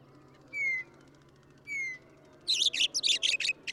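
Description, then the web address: Western meadowlark song: two clear downslurred whistles a second apart, then a fast series of bright, burry gurgling notes, over a faint low hum. "birdsongforthecurious songs Western Meadowlark"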